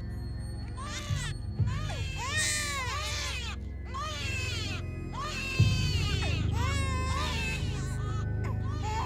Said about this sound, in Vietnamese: Có lẽ là bị kiến lửa nó đốt hay sao ấy, mà đứa bé con ấy khóc lên choe choé, chính là tiếng khóc lúc nãy nó đã nghe được. Thằng trưởng còn đang ngơ ngác bàng hoàng thì đột nhiên lại thêm một tiếng khóc nữa vang lên.